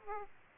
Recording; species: mosquito wingbeat signal from an infrared sensor; Aedes aegypti